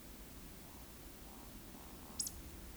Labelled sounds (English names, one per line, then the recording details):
Eurasian Woodcock whistle
Eurasian Woodcock croak
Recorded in Baden-Württemberg, Germany, on 9 June 2021 at 20:15 UTC
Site 25175, 602 m above sea level